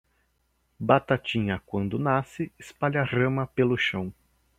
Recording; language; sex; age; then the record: short text; Brazilian Portuguese; male; 40 to 49 years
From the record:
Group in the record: control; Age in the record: 42 years